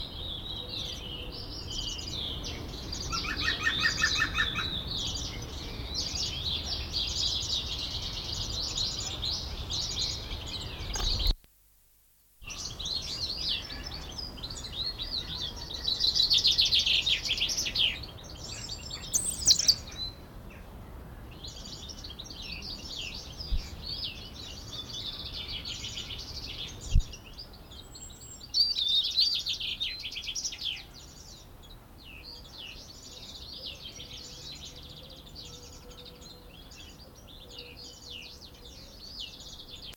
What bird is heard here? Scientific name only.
Picus viridis